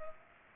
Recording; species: mosquito wingbeat signal from an infrared sensor; Culex pipiens